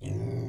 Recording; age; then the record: pig call; weaner (32 to 43 days)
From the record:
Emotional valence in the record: negative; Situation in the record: negative conditioning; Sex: female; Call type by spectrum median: low-frequency call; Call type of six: low-frequency stable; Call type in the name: low-frequency stable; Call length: 0.49 s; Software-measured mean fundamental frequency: 54 Hz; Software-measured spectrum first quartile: 113 Hz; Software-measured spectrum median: 180 Hz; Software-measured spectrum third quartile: 411 Hz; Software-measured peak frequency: 124 Hz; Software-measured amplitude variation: 130 dB a second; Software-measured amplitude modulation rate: 25.3 a second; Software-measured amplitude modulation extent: 5.1 dB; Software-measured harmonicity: -2.8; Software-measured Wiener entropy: -0.37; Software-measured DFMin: 801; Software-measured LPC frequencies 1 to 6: 2071, 2699, 3282, 4639, 6565, 7656 Hz